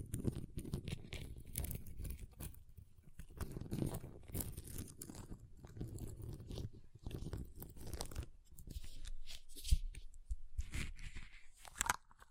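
Ice being tapped, scratched and carved, with dense crunching and scraping strokes that run almost continuously through the twelve seconds. Sharp bright clicks and taps cut in irregularly, a few louder near ten and twelve seconds, over a low rumbling grind.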